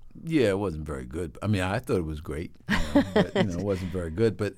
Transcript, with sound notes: Yeah. It wasn't very good. I mean, I thought it was great, you know?
(Laughter).
But, you know, it wasn't very good.